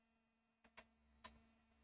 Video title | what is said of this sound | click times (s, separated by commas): Vintage Pen Repair - May 12th, 2026 | Oh, see, now that, yeah, if it's a snorkel, it locks in place real nice. | 0.8 s, 1.3 s